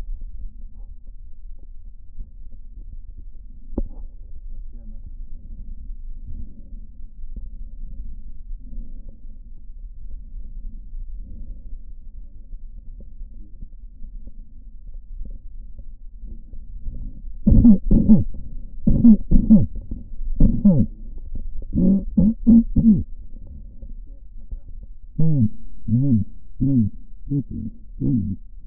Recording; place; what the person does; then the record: lung sounds by stethoscope; right posterior apical chest; quiet breathing, then cough and speech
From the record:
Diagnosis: COPD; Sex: male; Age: 70 years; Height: 170 cm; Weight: 74 kg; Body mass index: 25.6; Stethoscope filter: diaphragm mode